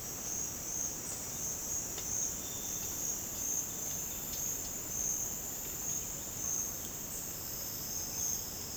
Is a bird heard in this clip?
no